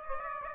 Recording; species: mosquito wingbeat signal from an infrared sensor; Aedes aegypti